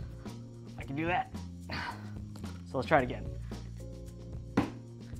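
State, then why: Released. Someone talks over background music while releasing an Alaska 56L top case from its plastic mounting plate on the rear rack of a black Triumph Bonneville T100 motorcycle. The top case release latch clicks open with a sharp click at 4.6 s. The click sounds on release, not when the case goes on.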